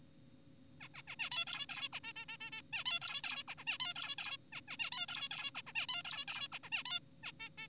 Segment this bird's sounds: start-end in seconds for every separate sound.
0.81-0.88, 0.94-1.02, 1.08-1.16, 1.20-1.30, 1.32-1.45, 1.47-1.66, 1.69-1.89, 1.93-2.00, 2.04-2.13, 2.16-2.26, 2.29-2.37, 2.41-2.51, 2.52-2.61, 2.73-2.84, 2.86-3.00, 3.02-3.22, 3.24-3.43, 3.48-3.54, 3.58-3.64, 3.67-3.78, 3.80-3.94, 3.96-4.16, 4.18-4.37, 4.52-4.61, 4.68-4.77, 4.80-4.90, 4.92-5.06, 5.08-5.28, 5.31-5.51, 5.55-5.62, 5.67-5.73, 5.76-5.86, 5.89-6.03, 6.05-6.25, 6.28-6.48, 6.52-6.59, 6.64-6.70, 6.72-6.83, 6.86-7.00, 7.24-7.32, 7.40-7.49, 7.58-7.67